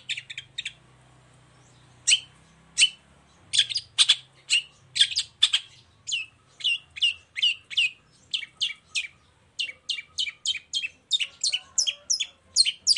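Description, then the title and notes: Long-tailed shrike song: a lively series of sharp chirping and whistled notes, with a faint low hum early on. Morning singing with varied "toet toet" notes, used as a lure to provoke other long-tailed shrikes into answering. "Cendet Gacor Dor Di Kala Pagi Toet Toet Variasi Suara. Pancingan Emosi Cendet Gacor Full Variasi Toet Toet Bikin Nyaut Cendet Lain Langsung Ikutan Bunyi. Burung cendet"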